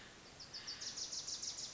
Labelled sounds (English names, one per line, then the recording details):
Wilson's Warbler
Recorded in Sonoma County, California